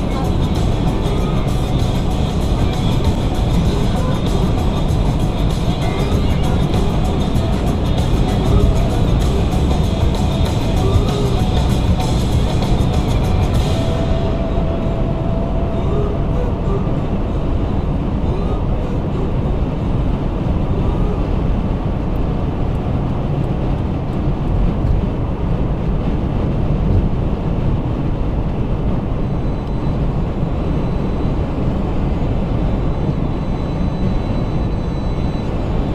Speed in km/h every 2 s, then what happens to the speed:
153, 151, 153, 155, 150, 148, 148, 147, 147, 147, 148, 148, 148, 150, 150, 151, 151, 151.
0-36 steady at about 150.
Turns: none.